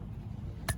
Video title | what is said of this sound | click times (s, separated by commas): Yd100 idles perfectly dio reed valve with 24mm oko carburetor still runnin fat | don't know if you can hear that snap, but it snaps it. | 0.7 s